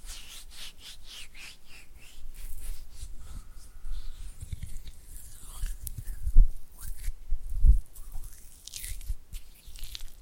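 Oily hands and fingers flutter and rub, making quick, soft wet slaps and squishes. A rapid run of bright flicks fills the first two seconds, then the sounds turn slower and uneven, with low thumps near six and a half and seven and a half seconds.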